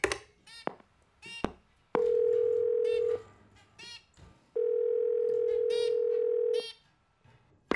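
A few quick clicks of a phone being dialed, then two long, steady, low-pitched ringing tones separated by a short pause, with faint background noise between them.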